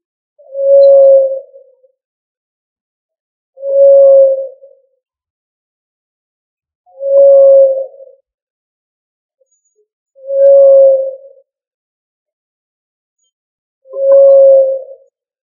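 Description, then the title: Pigeon cooing, a low mellow hooting note about a second long, repeated five times roughly every three seconds, with silence between. "Familia Columbidae Pomba"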